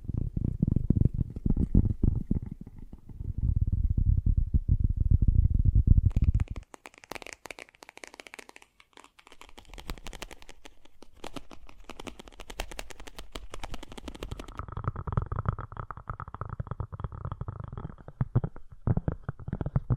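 Fast, gentle tapping: dense low thuddy taps for six seconds, then lighter, brighter rapid taps, ending with softer muffled patter and faint ringing.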